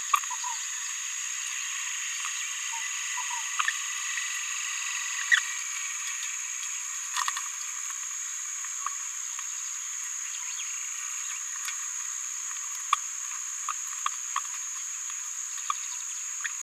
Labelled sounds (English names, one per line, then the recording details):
Green-rumped Parrotlet babbling
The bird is a female
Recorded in a nest box in Venezuela
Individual 17B73B2